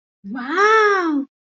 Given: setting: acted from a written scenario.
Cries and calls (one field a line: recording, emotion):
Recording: vocal sound without words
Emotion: adoration